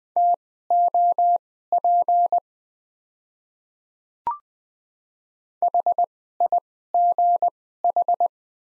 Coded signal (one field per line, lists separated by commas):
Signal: Morse code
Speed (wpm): 20 wpm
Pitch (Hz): 700 Hz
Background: none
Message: TOP HIGH